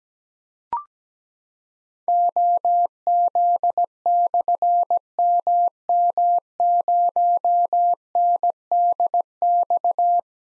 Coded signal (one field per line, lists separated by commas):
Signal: Morse code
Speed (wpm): 17 wpm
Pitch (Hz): 700 Hz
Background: none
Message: OZ/MM0NDX